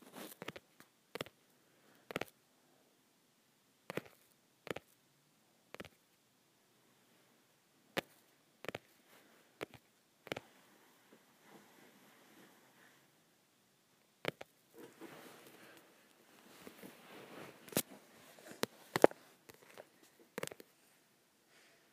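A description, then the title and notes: Fingers tap sharply on softcover books, each tap a short dry click spread unevenly through the clip, sometimes in quick pairs. After about fourteen seconds a soft rustle of handled pages fills the gaps between the louder taps. Tapping my Softcover Books.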